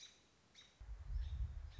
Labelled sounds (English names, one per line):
American Robin